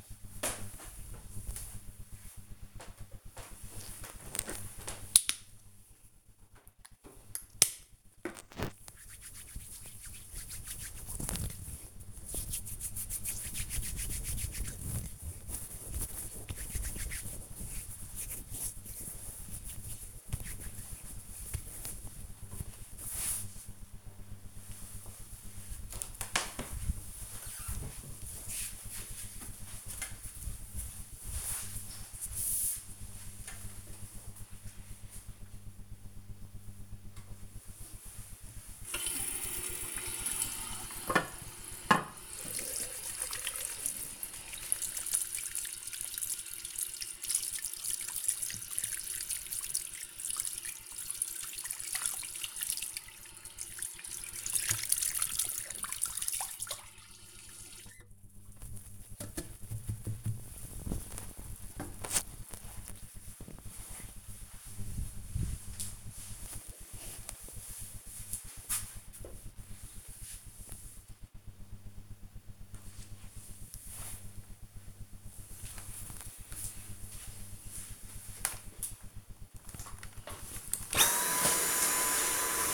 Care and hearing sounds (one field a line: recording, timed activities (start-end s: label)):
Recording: household activities, microphone on the right wrist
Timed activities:
2.40-21.53 s: disinfecting hands
36.67-60.89 s: washing hands
79.06-82.74 s: vacuum cleaning